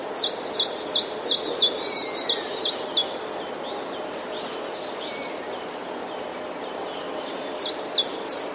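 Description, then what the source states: Common chiffchaff singing a quick series of high, downslurred notes at an even pace. It pauses for a few seconds, then starts again near the end. Faint bird chirps sit in the background. Recorded 11 April 2019.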